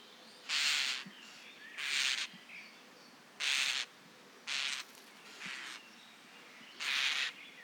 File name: Star Alarmruf